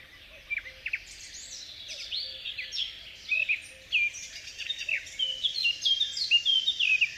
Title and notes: Viikon luontoääni: Mustapääkerttu. Tuomas Seimola